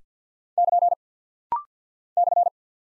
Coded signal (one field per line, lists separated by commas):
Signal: Morse code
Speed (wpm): 53 wpm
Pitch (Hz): 700 Hz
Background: none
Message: <KN> /